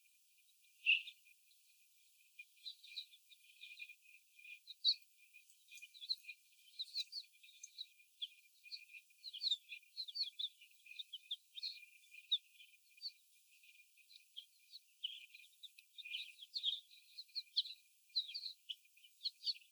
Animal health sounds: young laying hens in a cage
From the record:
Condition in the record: before the stressor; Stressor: sudden umbrella opening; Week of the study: 1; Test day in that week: 1

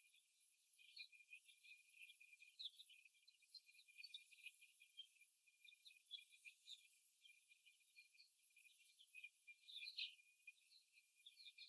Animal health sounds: young laying hens in a cage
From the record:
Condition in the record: after the stressor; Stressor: simulated dog barking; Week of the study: 1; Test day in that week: 1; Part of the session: 3

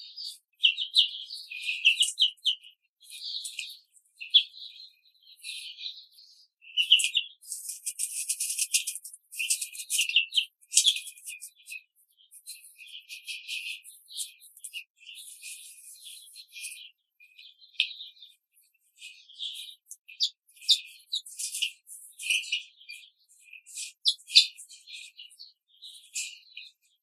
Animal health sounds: young laying hens in a cage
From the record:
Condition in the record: control cage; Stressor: none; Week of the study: 5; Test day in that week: 1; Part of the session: 1

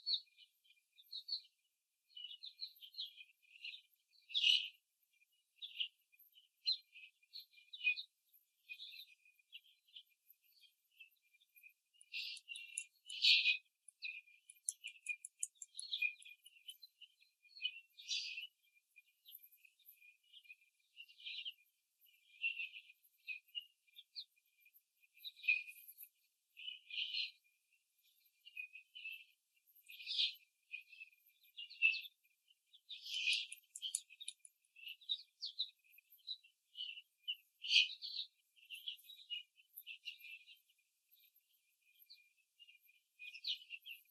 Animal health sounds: young laying hens in a cage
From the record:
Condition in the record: after the stressor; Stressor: simulated dog barking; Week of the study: 3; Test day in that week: 1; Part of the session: 1

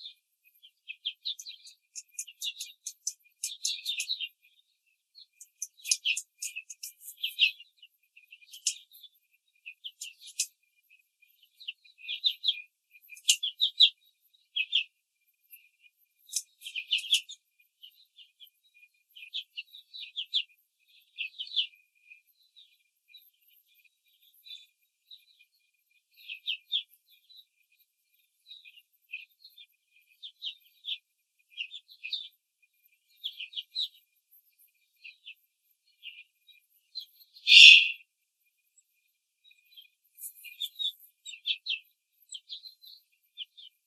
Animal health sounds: young laying hens in a cage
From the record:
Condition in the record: control cage, before the stress test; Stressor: none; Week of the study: 4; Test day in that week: 3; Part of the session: 1

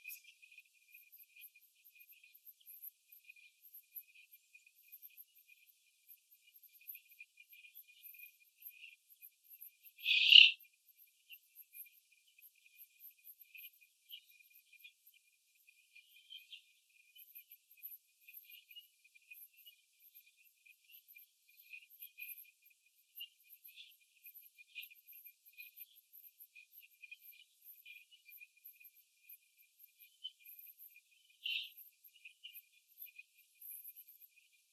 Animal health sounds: young laying hens in a cage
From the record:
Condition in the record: after the stressor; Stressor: simulated dog barking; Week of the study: 2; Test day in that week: 2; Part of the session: 1

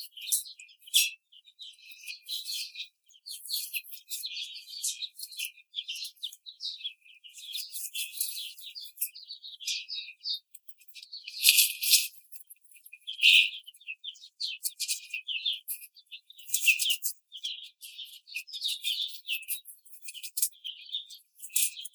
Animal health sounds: young laying hens in a cage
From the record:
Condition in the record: treatment cage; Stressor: simulated dog barking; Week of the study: 5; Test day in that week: 1

